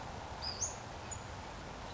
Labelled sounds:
Western Flycatcher
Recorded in Sonoma County, California

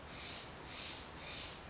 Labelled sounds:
Steller's Jay
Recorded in Sonoma County, California

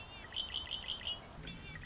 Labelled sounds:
Red-winged Blackbird
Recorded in Sonoma County, California

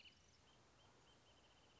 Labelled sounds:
Wrentit
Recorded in Sonoma County, California

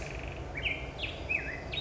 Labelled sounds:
Black-headed Grosbeak
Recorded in Sonoma County, California

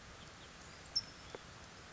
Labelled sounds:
California Towhee
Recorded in Sonoma County, California

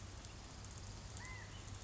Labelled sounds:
California Quail
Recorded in Sonoma County, California

